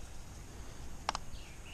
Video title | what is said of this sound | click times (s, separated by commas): Yamaha 115HP Four Stroke 100 Hour Maintenance | there's the pop | 1.1 s, 1.2 s